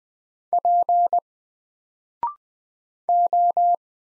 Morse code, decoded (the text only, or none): P O